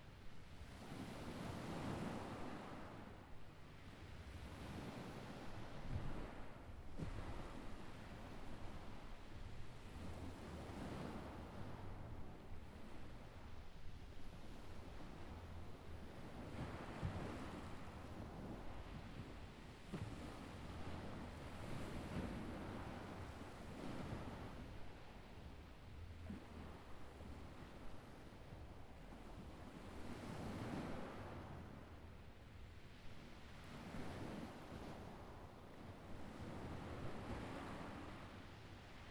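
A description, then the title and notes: Waves wash over a pebble beach in repeated surges, each swell rising and falling every few seconds with a rough, hissing rush. A steady low rumble and gusts of wind buffeting the microphone run underneath throughout, keeping the sound dense and unbroken. Evening Waves on Pebble Beach. Brighton UK.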